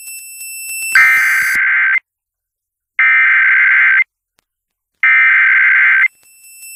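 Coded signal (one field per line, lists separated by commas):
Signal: Emergency Alert System (SAME) tones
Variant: header bursts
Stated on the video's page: Valid severe thunderstorm EAS tones captured from weather radio WXK26 and FM stations for Mirando City, Oilton and Laredo, Texas.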